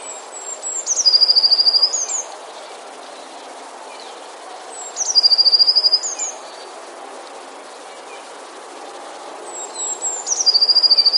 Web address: wroblowe teka spiew. modraszkoteka